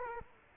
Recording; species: mosquito wingbeat signal from an infrared sensor; Culex quinquefasciatus